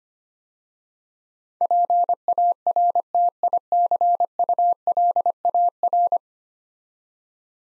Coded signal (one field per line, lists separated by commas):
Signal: Morse code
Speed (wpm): 25 wpm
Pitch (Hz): 700 Hz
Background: none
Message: PARTICULAR